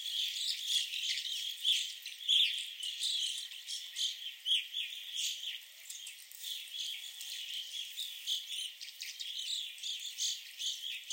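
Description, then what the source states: Evening grosbeaks calling together, many quick chirps overlapping almost without pause. At a visitor center in Sax-Zim Bog.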